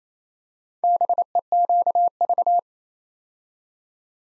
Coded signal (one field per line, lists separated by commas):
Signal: Morse code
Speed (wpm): 27 wpm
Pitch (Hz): 700 Hz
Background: none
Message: BEQV